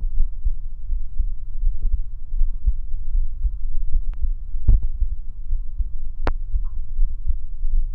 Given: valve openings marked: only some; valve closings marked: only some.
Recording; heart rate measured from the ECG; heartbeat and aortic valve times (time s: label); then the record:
heart sounds by stethoscope; 79 bpm
0.17 s: heartbeat (ECG mark)
0.90 s: heartbeat (ECG mark)
0.98 s: aortic valve opens (echo mark)
1.19 s: aortic valve closes (echo mark)
1.64 s: heartbeat (ECG mark)
1.72 s: aortic valve opens (echo mark)
1.90 s: aortic valve closes (echo mark)
2.38 s: heartbeat (ECG mark)
2.45 s: aortic valve opens (echo mark)
2.65 s: aortic valve closes (echo mark)
3.16 s: heartbeat (ECG mark)
3.23 s: aortic valve opens (echo mark)
3.42 s: aortic valve closes (echo mark)
3.94 s: heartbeat (ECG mark)
4.03 s: aortic valve opens (echo mark)
4.72 s: heartbeat (ECG mark)
5.50 s: heartbeat (ECG mark)
5.58 s: aortic valve opens (echo mark)
5.78 s: aortic valve closes (echo mark)
6.26 s: heartbeat (ECG mark)
7.00 s: heartbeat (ECG mark)
7.74 s: heartbeat (ECG mark)
From the record:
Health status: healthy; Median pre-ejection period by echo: 76 ms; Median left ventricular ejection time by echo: 197 ms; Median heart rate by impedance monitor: 81 bpm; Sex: male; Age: 20 years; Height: 181 cm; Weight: 74 kg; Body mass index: 22.59